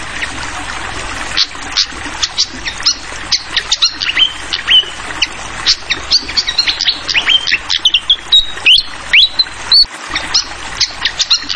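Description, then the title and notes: Fantail song: rapid, high chirps mixed with short clear whistled notes, some rising sharply, over a steady hiss of trickling water. Clear-voiced song mixed with the sound of trickling water, used for tutoring songbirds (masteran). "Masteran Sikatan Kipas Suara Jernih Dan Suara Gemericik Air. Suara Burung Sikatan Londo"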